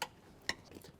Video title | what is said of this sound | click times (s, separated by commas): Premium Seat Cover Installation Guide for Tesla Model 3 | so it helped a little bit to push it forward a little bit like that and then you saw it kind of just locked | 0.0 s, 0.5 s